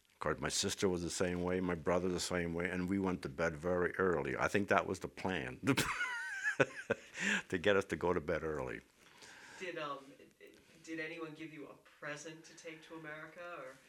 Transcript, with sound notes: My sister was the same way, my brother the same way, and we went to bed very early. I think that was the plan. ( he laughs ) To get us to go to bed early.
Did anyone give you a present to take to America or...